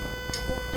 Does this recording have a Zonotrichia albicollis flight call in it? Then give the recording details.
no. No flight call is heard. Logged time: 23:37 on 2 September 2014